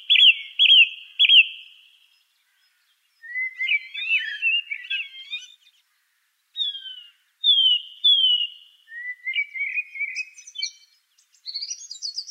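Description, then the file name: Song thrush song: a loud note repeated three times, then scratchy chattering phrases, a pause, clear descending whistles given three times, and high thin twitters at the end. "suara kicauan burung song thrush. omkicau"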